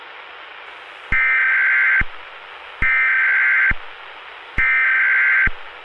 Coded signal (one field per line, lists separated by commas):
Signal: Emergency Alert System (SAME) tones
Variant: header bursts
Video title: THE WARDEN - EAS SCENARIO / ANALOG HORROR